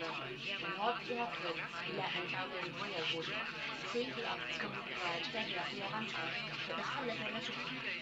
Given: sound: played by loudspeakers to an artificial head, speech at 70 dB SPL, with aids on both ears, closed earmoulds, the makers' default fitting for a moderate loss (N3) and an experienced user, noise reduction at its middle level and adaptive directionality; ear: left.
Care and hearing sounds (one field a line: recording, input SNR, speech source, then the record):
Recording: speech test signal (ISTS) in cocktail-party noise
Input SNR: 0 dB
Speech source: on the right (90 degrees)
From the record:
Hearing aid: class 1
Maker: F